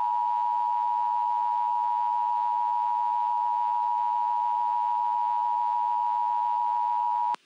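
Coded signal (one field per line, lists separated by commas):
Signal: Emergency Alert System (SAME) tones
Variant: 853 and 960 Hz attention tone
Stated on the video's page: Simulated EAS scenario alert for a La Palma tsunami affecting the North Atlantic; loud.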